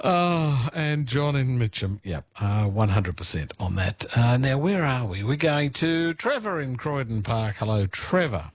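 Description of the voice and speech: An adult man speaks clearly and fluently at a brisk, conversational pace, with lively pitch and short natural pauses, like a radio host thanking a caller and greeting the next one. His voice is clear and steady, with no roughness, strain or breathiness.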